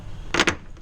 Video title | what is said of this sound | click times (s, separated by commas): How to Install a Bed Liner on a Ford Ranger | push it in with your thumb until it doesn't click anymore and that's it alright | 0.3 s